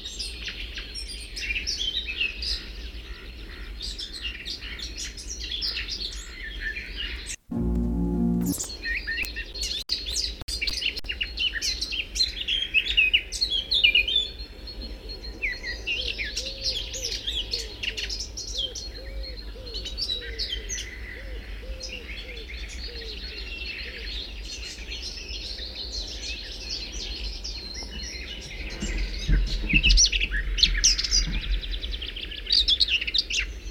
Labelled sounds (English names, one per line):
Eurasian Blackcap song